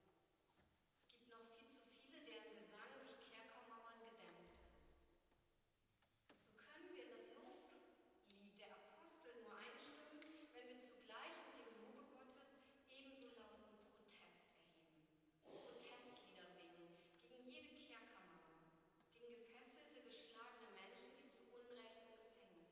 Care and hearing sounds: everyday scene through a hearing-aid microphone; reverberant space; speech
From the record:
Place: church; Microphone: in the ear canal, right

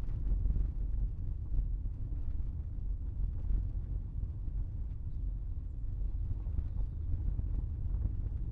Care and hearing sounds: everyday scene through a hearing-aid microphone; in a vehicle; engine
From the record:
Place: Berlingo II, diesel engine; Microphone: behind the ear, right, rear

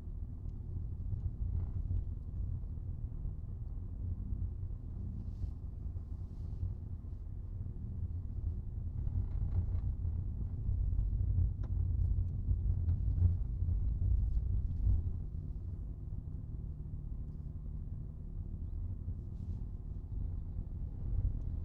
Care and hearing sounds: everyday scene through a hearing-aid microphone; in a vehicle; engine, rumble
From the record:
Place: Skoda Fabia, gasoline engine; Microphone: in the ear canal, right

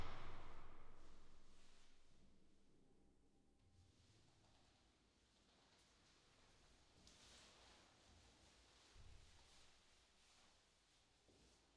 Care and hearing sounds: everyday scene through a hearing-aid microphone; reverberant space; background noise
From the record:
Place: staircase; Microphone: in the ear canal, left

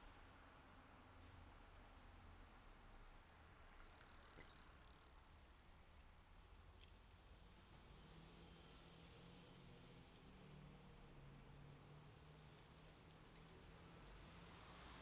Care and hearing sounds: everyday scene through a hearing-aid microphone; in traffic; traffic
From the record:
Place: city secondary road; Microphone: in the ear canal, left

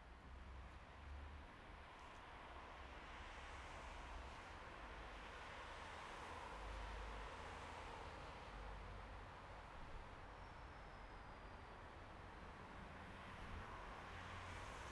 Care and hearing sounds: everyday scene through a hearing-aid microphone; in traffic; traffic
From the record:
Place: bus stop on a city main road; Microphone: behind the ear, right, rear

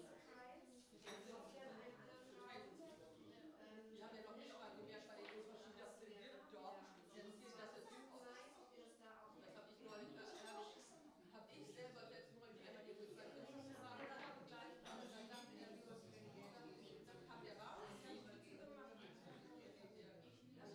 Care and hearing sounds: everyday scene through a hearing-aid microphone; many people talking; many voices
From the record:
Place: parish hall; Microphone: in the ear canal, right

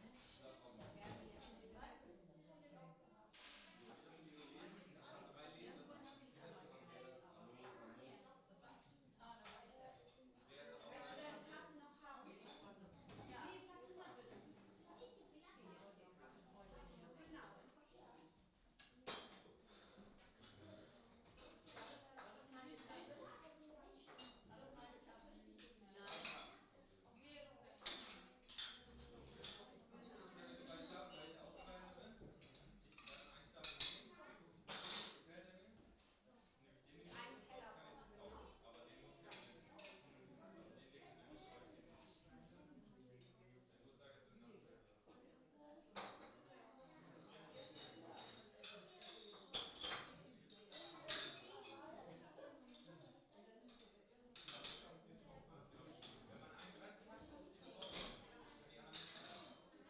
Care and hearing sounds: everyday scene through a hearing-aid microphone; many people talking; many voices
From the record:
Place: parish hall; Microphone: in the ear canal, left

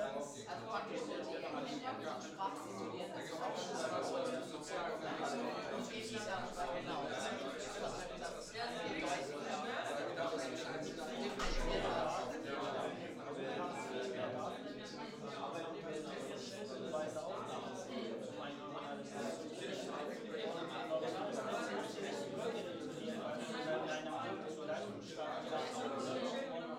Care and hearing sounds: everyday scene through a hearing-aid microphone; many people talking; many voices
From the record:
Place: bistro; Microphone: in the ear canal, left

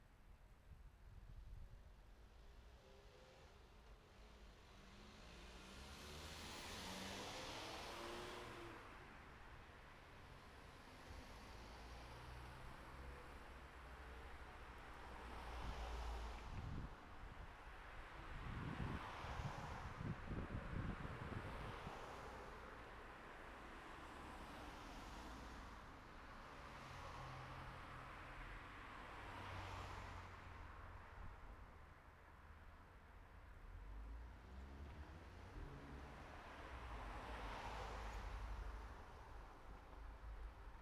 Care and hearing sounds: everyday scene through a hearing-aid microphone; in traffic; traffic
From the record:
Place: city secondary road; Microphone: behind the ear, right, rear

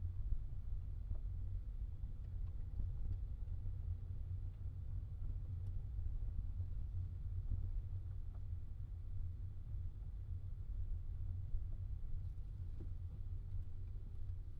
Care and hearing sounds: everyday scene through a hearing-aid microphone; in a vehicle; engine, rumble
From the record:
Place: Skoda Fabia, gasoline engine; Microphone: in the ear canal, left

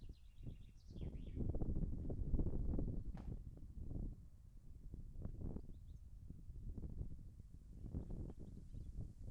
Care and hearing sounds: everyday scene through a hearing-aid microphone; wind on the microphone; wind, birds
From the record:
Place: in front of a rural house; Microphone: behind the ear, left, rear

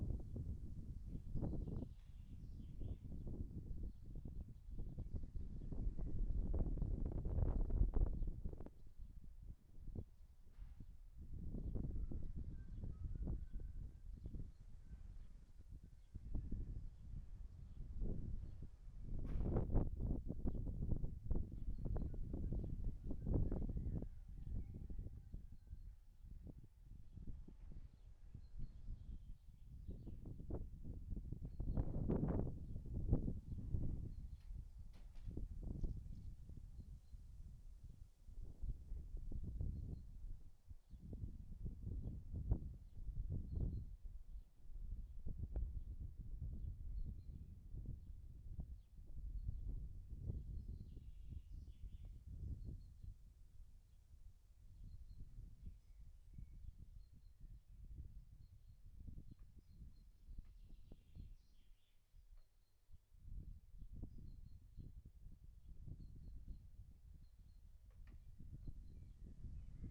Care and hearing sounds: everyday scene through a hearing-aid microphone; wind on the microphone; wind, other noises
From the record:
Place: in front of a rural house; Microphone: behind the ear, right, rear

